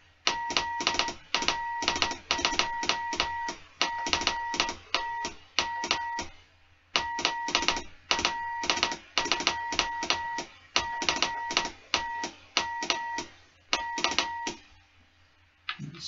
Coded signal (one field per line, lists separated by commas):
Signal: Morse code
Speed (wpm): 17 wpm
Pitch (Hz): 940 Hz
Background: none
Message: ZL2CTM ZL2CTM K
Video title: Simple Homebrew SSB/CW Transceiver Part 10 - CW tests using the Reverse Beacon Network